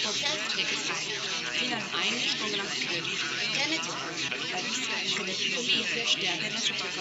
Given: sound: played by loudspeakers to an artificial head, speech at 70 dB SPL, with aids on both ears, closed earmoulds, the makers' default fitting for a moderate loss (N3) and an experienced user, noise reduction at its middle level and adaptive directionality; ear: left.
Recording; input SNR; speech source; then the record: speech test signal (ISTS) in cocktail-party noise; -3 dB; in front (0 degrees)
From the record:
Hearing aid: class 1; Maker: A